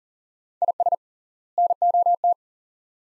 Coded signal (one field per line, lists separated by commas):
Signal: Morse code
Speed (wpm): 40 wpm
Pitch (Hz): 700 Hz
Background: none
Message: IS NOT